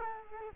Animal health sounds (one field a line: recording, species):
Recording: mosquito wingbeat signal from an infrared sensor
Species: Culex quinquefasciatus